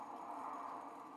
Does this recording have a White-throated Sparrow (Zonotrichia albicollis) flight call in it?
no